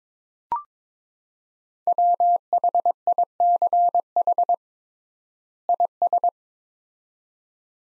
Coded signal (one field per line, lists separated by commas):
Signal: Morse code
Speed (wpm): 22 wpm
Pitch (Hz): 700 Hz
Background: none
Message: WHICH IS